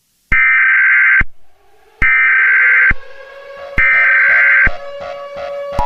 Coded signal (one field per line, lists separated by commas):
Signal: Emergency Alert System (SAME) tones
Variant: header bursts